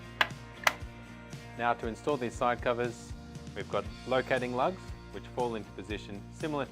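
A plastic quarter-turn lid fastener on an SMA Sunny Boy Smart Energy hybrid inverter housing is turned a quarter turn clockwise to lock the lid. Two sharp clicks are heard at 0.2 s and 0.7 s, and the lid is secured. Someone then talks.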